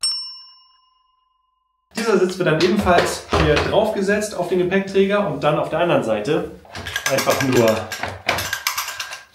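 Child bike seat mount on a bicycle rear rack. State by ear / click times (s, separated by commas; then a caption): seated / 8.0 s, 8.3 s, 8.5 s, 8.7 s, 9.0 s. A Bobike Go Maxi child bike seat, which mounts with a 4 mm Allen key, is set onto a bicycle's rear rack and its mount is tightened on the other side. A ringing tone fades out at the start, then someone talks, and a quick series of ratcheting clicks follows. The mount's lock catches at 8.0, 8.3, 8.5, 8.7 and 9.0 seconds, and the seat is seated.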